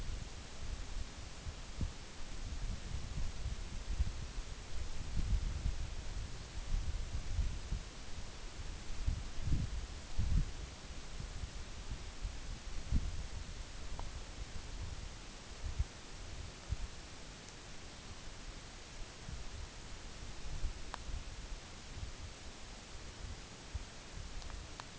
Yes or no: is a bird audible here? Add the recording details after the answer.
no. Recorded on Arctic tundra, site NAIT-1, on 24 June 2019. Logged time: 14:00